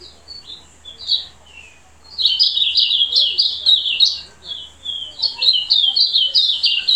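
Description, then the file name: Silvereye singing a long run of quick, high, jumbled twittering notes after a few scattered chirps, continuing to the end with short gaps. Subspecies vegetus. "Zosterops Lateralis Vegetus"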